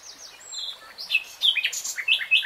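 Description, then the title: Nightingale song fragment: a quick jumble of high slurred chirps and twittering notes, varied in pitch. Nightingale singing in real time. "[Tiếng chim hót] 3 Hours REALTIME Nightingale Singing"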